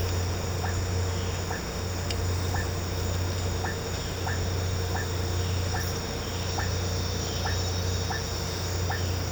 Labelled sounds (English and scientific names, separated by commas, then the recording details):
none
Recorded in pastures near Puerto Asís, Putumayo, Colombia, on 13 March 2025 at 14:00
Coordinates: 0.466, -76.322
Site CSA-02